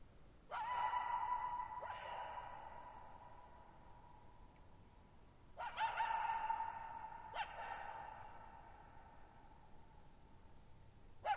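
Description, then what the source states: Coyote calling, sustained wails with abrupt starts in two pairs, another beginning at the very end, over faint background hiss. Lone coyote at night, July 14, 2019, near Thirtymile Meadows, Okanogan National Forest (Okanogan High Country, Pacific Northwest), 6400 ft (1950 m); high dry plateau, shallow bowl-shaped meadow; vocalized nearly 50 minutes.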